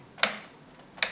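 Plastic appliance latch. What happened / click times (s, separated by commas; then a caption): The door latch clicks open / 0.2 s, 1.0 s. The door release handle behind the Hoover badge on a washing machine is clicked to unlatch the door, giving two short, sharp clicks at 0.2 s and 1.0 s with near silence between them. The latch releases and the door opens.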